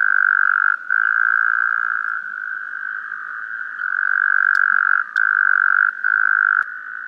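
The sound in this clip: Taipei tree frog giving a continuous pulsed trill, a steady mid-pitched buzz that dips in loudness and pauses briefly several times, with a few faint clicks.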